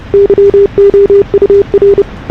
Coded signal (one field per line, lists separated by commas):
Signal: Morse code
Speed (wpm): 30 wpm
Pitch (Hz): 340 Hz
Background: none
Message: YOUR